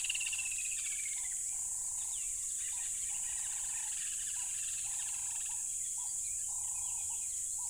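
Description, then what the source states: Crickets keep up an unbroken, piercing high trill, while lower repeated notes pulse beneath and a descending bird whistle sounds near the start. Loud crickets beside a tropical river.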